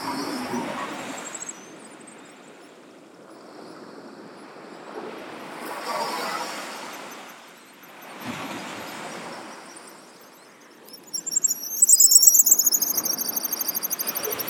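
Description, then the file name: Pigeon guillemot high, thin squealing trill, rapidly repeated and sharply pulsed, entering late after a stretch of rolling surf and wash. "Pigeon Guillemot Cepphus columba"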